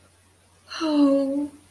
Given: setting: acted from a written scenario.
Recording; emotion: vocal sound without words; sadness